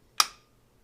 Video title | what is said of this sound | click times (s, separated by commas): BMW G310 charging system repair (part 2) | locked into place there now | 0.2 s